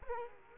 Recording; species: mosquito wingbeat signal from an infrared sensor; Culex quinquefasciatus